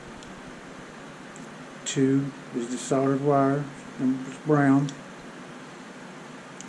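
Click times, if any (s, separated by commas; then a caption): 6.6 s. A soldered brown capacitor lead wire (position 2) is pushed into the push-in terminal of a ceiling fan speed switch during a capacitor replacement, while someone talks over a steady low background hiss. A short, sharp click at 6.6 s marks the wire snapping in and seating firmly in the terminal.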